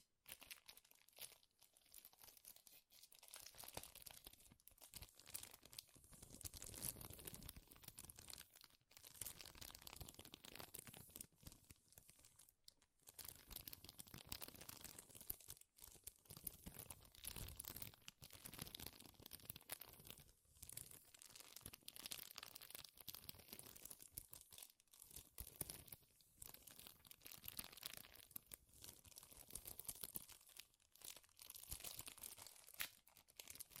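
Dense, continuous crinkling and crunching with bright, crackling texture, broken by brief pauses every few seconds before resuming just as forcefully.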